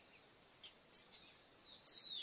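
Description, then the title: Cattle tyrant calling in very high, sibilant squeaks, a brief note, then a longer thin call, ending in a rapid jumble of sharp high notes. Subspecies Machetornis rixosa rixosa. "LuckyPassaro Completos2Sama. Cattle Tyrant (Machetornis rixosa rixosa)"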